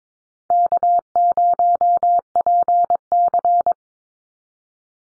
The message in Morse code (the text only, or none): K0PC